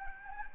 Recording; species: mosquito wingbeat signal from an infrared sensor; Anopheles gambiae